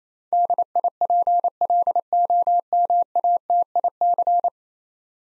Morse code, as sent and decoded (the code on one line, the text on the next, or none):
-.. .. .--. .-.. --- -- .- - .. -.-.
DIPLOMATIC